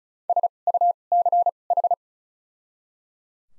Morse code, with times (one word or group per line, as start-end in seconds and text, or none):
0.3-0.5 S
0.7-0.9 U
1.1-1.5 C
1.7-1.9 H